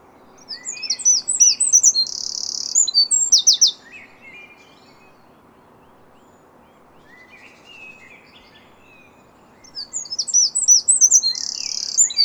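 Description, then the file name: Eurasian wren song: two loud bursts of hurried high chirps, trills and a short buzz, separated by a long stretch of near silence, with a few faint notes near the end of the pause. "Troglodytes troglodytes"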